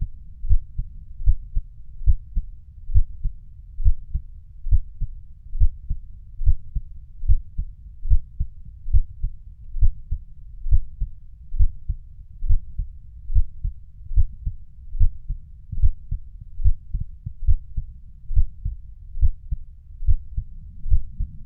Resting Heartbeat.